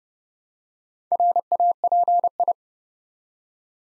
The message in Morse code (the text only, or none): RAPI